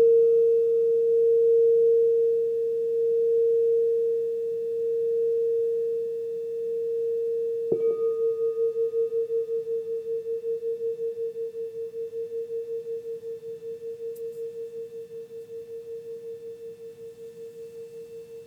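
A crystal bowl rings with a single pure, steady tone, humming over a soft low rumble. Around eight seconds a bright strike sounds, after which the tone pulses in a slow, even wobble while gradually fading through the end.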